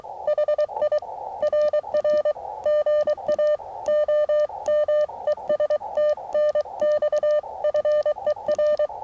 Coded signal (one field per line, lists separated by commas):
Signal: Morse code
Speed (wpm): 23 wpm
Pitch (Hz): 600 Hz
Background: none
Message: HI RR GA OM ES TNX FER